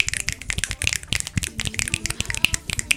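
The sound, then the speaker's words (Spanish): A crowd of people snapping their fingers as applause: dense, irregular bursts of sharp, crisp clicks overlapping for about three seconds, bright and steady in loudness. “el aplauso en los lugares a donde no se tiene que hacer mucho ruido es con chasquido de los dedos.”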